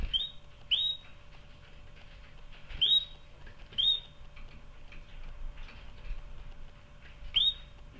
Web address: canary canary-sound